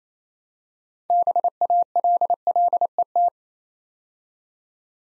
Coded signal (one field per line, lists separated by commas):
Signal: Morse code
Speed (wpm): 28 wpm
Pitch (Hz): 700 Hz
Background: none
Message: BALLET